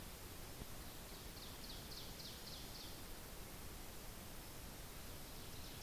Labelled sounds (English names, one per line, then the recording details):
Ovenbird song
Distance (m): 45 m
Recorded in boreal forest in Alberta, Canada, on 10 June 2016 at 08:13
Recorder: SongMeter 3, array SBT-3-39
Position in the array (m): 234 m, 147 m
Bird 17